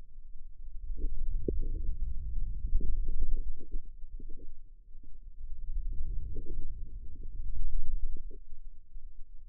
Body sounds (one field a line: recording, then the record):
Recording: forearm muscle sounds (acoustic myography)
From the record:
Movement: wrist extension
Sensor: system 2, bracelet of six BSWA MPA416 microphones around the upper forearm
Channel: 6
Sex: female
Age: 25 years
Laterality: right